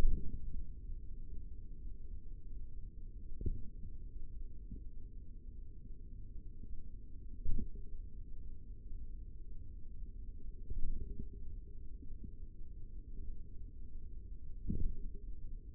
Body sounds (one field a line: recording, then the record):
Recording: forearm muscle sounds (acoustic myography)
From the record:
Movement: tripod grip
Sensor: system 3, bracelet of six PUI Audio POM-2738L microphones around the upper forearm, with dedicated amplification and filtering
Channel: 6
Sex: male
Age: 25 years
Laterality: right